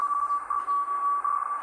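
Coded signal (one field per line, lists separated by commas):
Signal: Hellschreiber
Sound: a single buzzing tone near 1 kHz, rapidly chopped, briefly steady, over hiss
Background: radio hiss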